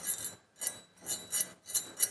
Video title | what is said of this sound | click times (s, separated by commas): Distal femur plating/DFLP/femur locking plate#viral #doctor #hospital #medicalstudent #viralvideo | कभी भी lock नहीं। | none